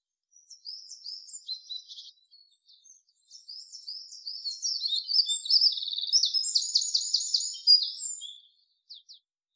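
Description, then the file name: Eurasian wren delivering a high, energetic song of quick tinkling notes building into loud fast trills before stopping abruptly, then a few final notes. "Troglodytes troglodytes"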